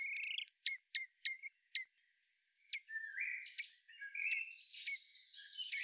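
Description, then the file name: Common blackbird giving a short squeal, then several sharp clicking chinks, followed by soft scratchy warbling notes. "Turdus merula"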